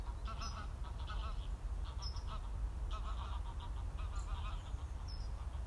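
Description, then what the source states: Goose: geese honking in short nasal bursts several times, partly masked by strong low rumbling wind noise. Some geese flying over, shrouded in the mist under a very misty sky, heard live on an audio walk.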